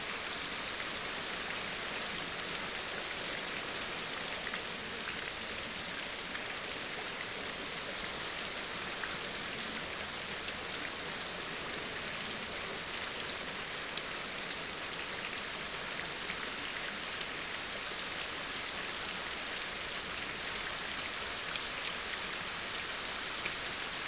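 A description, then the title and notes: Steady rain falls in a forest, a dense, even hiss of drops that holds at the same level for the whole stretch. The sound sits high and bright with little low rumble, and faint short chirps from birds come through intermittently in the background. Rain in the forest.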